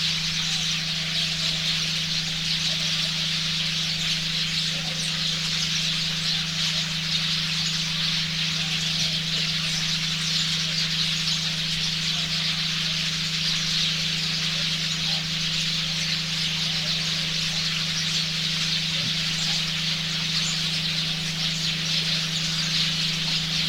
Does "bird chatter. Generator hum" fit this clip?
yes